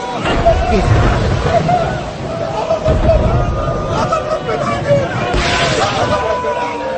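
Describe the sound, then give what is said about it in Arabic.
A frightened crowd of thousands of subjects gathered around a palace, calling for help, clamors loudly and without pause, many voices shouting and wailing over one another in a dense, churning roar with a low rumble underneath. “الجماهير كلها خايفة ومفزوعة ومرعوبة.”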